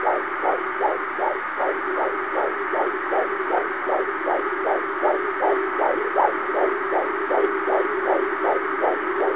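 An adult's heartbeat, fast at around 150 beats per minute.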